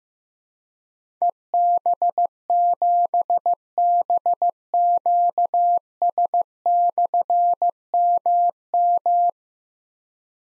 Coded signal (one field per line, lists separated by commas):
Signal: Morse code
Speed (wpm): 15 wpm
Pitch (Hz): 700 Hz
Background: none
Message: EB7BQS/MM